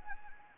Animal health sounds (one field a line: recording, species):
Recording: mosquito wingbeat signal from an infrared sensor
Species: Anopheles gambiae